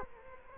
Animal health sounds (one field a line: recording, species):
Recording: mosquito wingbeat signal from an infrared sensor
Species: Culex quinquefasciatus